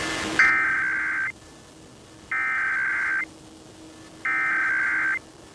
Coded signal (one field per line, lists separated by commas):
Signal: Emergency Alert System (SAME) tones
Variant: header bursts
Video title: EAS #873-877: 5 EAS National Periodic Tests (National EAS Test)- Oct. 4, 2023- 11:20AM PDT